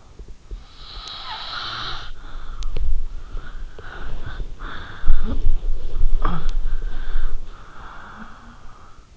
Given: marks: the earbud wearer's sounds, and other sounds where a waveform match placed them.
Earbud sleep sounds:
sounds in sleep by an in-ear microphone; breath, snoring breath, talking in sleep
0.00-0.56 s: breath
0.56-2.70 s: snoring breath
2.70-5.06 s: breath
5.06-6.56 s: talking in sleep
6.56-9.16 s: breath

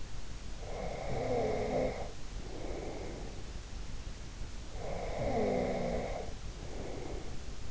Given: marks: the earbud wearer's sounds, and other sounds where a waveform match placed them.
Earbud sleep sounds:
sounds in sleep by an in-ear microphone; breath, snoring breath
0.45-3.60 s: breath
4.71-7.71 s: snoring breath

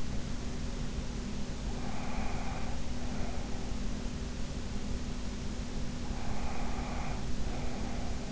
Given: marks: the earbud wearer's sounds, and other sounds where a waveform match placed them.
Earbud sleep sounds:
sounds in sleep by an in-ear microphone; breath
1.69-3.58 s: breath
6.04-8.32 s: breath

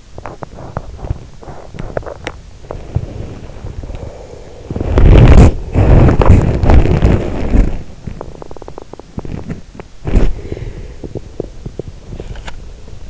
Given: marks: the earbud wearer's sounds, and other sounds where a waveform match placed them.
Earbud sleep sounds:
sounds in sleep by an in-ear microphone; teeth grinding, body movement
0.00-2.43 s: teeth grinding
2.58-13.10 s: body movement

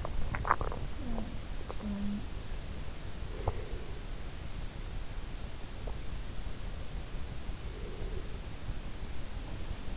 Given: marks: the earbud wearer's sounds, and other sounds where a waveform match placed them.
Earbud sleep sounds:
sounds in sleep by an in-ear microphone; swallowing, breath
0.00-0.97 s: swallowing
0.97-2.40 s: sound from someone else or the room
3.24-4.02 s: breath
5.80-6.02 s: sound from someone else or the room
7.54-8.25 s: breath

